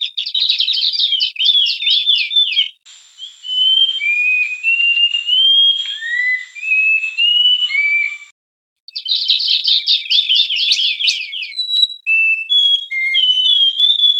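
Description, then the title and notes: Bird song opening with rapid chattering notes, then slow sliding whistles, a brief silence, and another chattering burst followed by short whistles. Bird song described as having a melodious voice. "ND Burung. Nada Dering Burung Dengan Suara Merdu"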